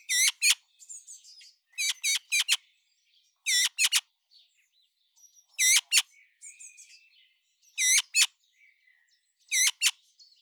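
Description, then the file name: Eurasian magpie calling in short clusters of a few harsh, ringing notes, repeated roughly every two seconds. "Pica pica"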